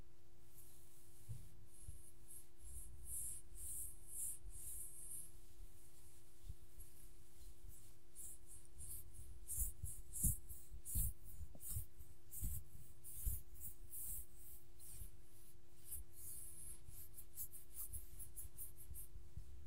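Petting a dog: soft scratching and rubbing rustles with sharper thuds around ten to thirteen seconds, over a steady low hum throughout.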